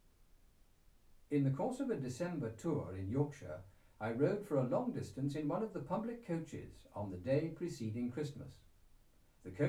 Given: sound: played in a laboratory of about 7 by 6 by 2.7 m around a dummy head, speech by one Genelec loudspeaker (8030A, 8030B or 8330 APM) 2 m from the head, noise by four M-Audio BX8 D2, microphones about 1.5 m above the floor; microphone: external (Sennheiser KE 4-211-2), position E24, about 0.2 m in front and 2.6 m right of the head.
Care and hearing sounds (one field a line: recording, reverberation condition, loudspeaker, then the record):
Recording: male speech in English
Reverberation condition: low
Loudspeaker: in front (0 degrees)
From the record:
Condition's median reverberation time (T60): about 310 ms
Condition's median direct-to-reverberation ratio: about 3.5 dB